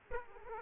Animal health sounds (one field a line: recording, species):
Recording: mosquito wingbeat signal from an infrared sensor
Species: Aedes aegypti